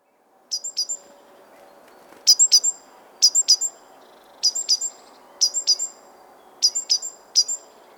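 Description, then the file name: Great tit: high, sharp chirps in short clusters, repeated about every one to one and a half seconds over a faint low hum. "Parus major"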